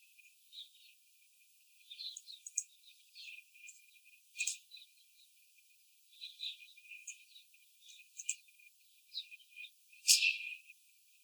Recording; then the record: young laying hens in a cage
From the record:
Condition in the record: after the stressor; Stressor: simulated dog barking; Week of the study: 4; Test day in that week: 2